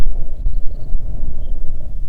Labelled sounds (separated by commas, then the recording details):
bird, wind
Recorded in the Arctic National Wildlife Refuge, Alaska, on 3 June 2019 at 04:39
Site 37